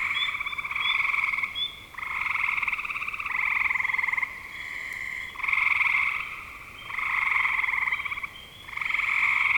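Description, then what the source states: Frogs calling in short pulsed, trilled bursts, separated by short quieter gaps, forming a steady chorus. Frogs calling in spring 2025.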